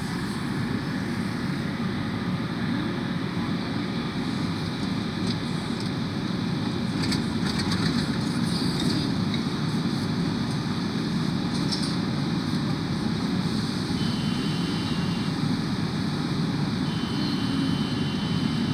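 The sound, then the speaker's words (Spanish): A subway train running, a loud, steady low roar and rumble with a hissing, rattling wash on top that holds constant for the whole stretch, with no voices. “estoy en el subte y me pregunto, ¿dónde está Santiago Maldonado?”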